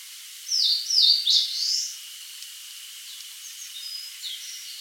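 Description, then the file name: Eastern crowned warbler sings three loud slurred notes, the last drawn out and rising, followed by faint thin notes over a steady high hum. "Phylloscopus coronatus"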